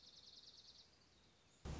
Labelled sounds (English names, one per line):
Dark-eyed Junco